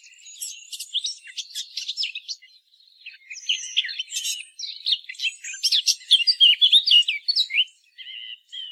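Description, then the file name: Eurasian blackcap delivering two bursts of quick, scratchy warbling separated by a short pause, the second louder and richer with whistled notes. "Sylvia atricapilla"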